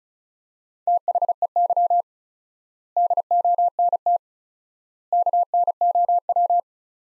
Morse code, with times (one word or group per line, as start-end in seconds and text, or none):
0.9-2.0 THEY
3.0-4.2 DONT
5.1-6.6 KNOW